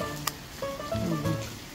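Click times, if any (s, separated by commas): 0.3 s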